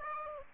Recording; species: mosquito wingbeat signal from an infrared sensor; Aedes aegypti